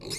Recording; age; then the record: pig call; weaner (32 to 43 days)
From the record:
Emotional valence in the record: negative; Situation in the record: long isolation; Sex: female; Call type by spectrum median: high-frequency call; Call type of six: mixed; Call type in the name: high-frequency modulated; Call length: 0.19 s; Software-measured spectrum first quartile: 552 Hz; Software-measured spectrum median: 3533 Hz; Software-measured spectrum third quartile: 5885 Hz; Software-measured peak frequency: 5029 Hz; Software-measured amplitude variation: 140 dB a second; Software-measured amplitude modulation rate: 21.2 a second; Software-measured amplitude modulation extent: 6.6 dB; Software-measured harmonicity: 4.9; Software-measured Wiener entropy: -2.76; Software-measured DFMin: 1320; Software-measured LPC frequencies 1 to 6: 395, 2161, 3826, 4314, 5073, 5506 Hz